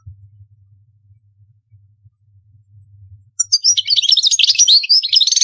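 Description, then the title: European goldfinch song: after a few seconds of low hum, a fast burst of tinkling, twittering notes and buzzy trills begins and continues to the end. "Chant Chardonneret"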